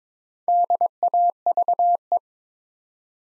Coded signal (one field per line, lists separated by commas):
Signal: Morse code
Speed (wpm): 22 wpm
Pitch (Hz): 700 Hz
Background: none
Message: DAVE